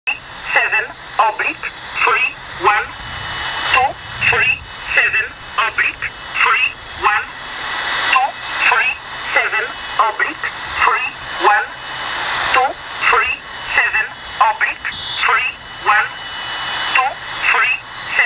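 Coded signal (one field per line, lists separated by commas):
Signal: numbers station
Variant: E11 Oblique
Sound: a voice reading short words at a steady even pace through shortwave noise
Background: radio static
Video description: The one heard here is E11 "Oblique" which is said to be originating from Poland.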